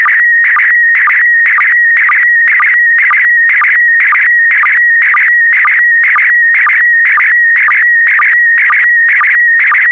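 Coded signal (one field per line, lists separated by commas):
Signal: SSTV (slow-scan television)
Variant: PD120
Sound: warbling tone around 2 kHz with rhythmic scratchy pulses twice a second and short low blips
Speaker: the next image transmission will start in 10 seconds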